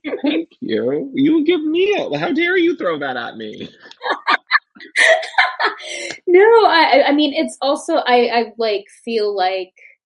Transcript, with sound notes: Thank you. You give me hope, how dare you throw that at me?
(mutual laughter) No I mean. It’s also I like feel like